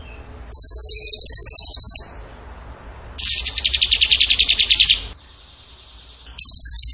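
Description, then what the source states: Bird giving rapid, high trills in three bursts, the middle one lower and slightly descending, with pauses between. Masteran training recording, tembakan gacor song style.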